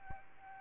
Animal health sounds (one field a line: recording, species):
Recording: mosquito wingbeat signal from an infrared sensor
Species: Aedes albopictus